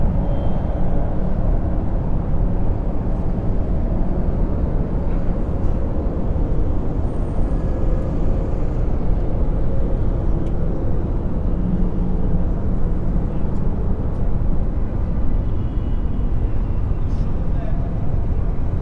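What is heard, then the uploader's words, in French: An urban soundscape with a steady, dense rumble of traffic that never lets up across the whole stretch. Low, heavy drone dominates, with faint brief clicks and knocks scattered on top and a thin high whine near the middle. 20 étages au-dessus de l'effervescence du paysage urbain. Une toile de sons qui créent un apaisant bruit brunien. Paysage sonore urbain.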